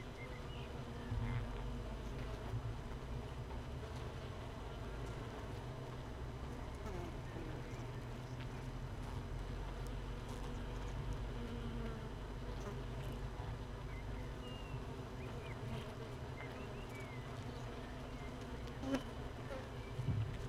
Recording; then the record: honeybee colony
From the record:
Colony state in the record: missing queen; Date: 31 May 2018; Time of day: 15:44